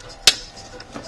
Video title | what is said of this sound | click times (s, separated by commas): TimberWolf Holster | lock it back and you can hear the click | 0.3 s